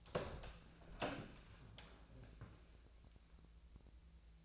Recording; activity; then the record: daily activity, microphone in the room; open door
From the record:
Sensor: 2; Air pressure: 1000.3 hPa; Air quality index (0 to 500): 168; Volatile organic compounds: 3 ppm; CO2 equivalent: 1398 ppm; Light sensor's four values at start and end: 11/27/11/12 and 11/27/11/12